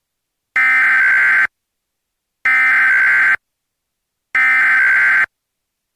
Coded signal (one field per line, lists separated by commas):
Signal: Emergency Alert System (SAME) tones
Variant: header bursts